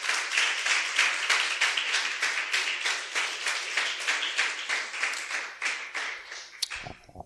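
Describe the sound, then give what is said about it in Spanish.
A crowd claps together in a steady, rhythmic beat in applause for the Lord, loud and sustained for several seconds, before fading out and ending with a soft thump. “Denle un aplauso al Señor, hermano.”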